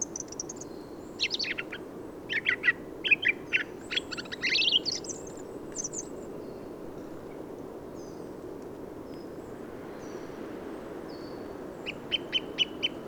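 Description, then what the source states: Song thrush song: a burst of rapid scratchy and whistled notes, a quieter stretch, then a short run of repeated high notes near the end. Recorded 15 November 2020 in Forêt de Valdrôme, France, in autumn, with a Nagra Seven and Telinga Pro7 parabola; an autumnal improvised song, thrushes staying for abundant whitebeam and rowan fruit.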